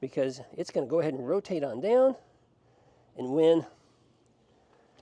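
Someone talks while a hitch-mounted aluminium and steel bike rack is rotated down, with its spring-loaded tilt latch released so it can drop into the next position notch. Nothing has seated or clicked yet; the clip ends just before the latch locks into place.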